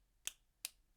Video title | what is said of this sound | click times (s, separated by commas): San Martin SN0144-CG Jian Zhan 4K Watch Review | It's solid, loud, audible clicks, | 0.3 s, 0.6 s